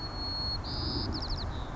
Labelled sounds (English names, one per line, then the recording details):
White-crowned Sparrow
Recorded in Sonoma County, California